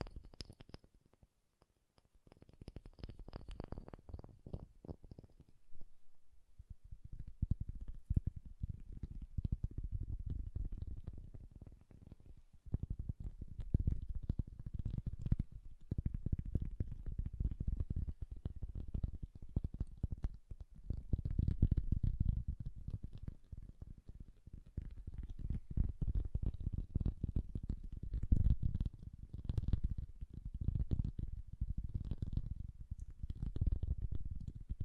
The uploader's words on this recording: ASMR Bassy and Soft Tapping Sounds.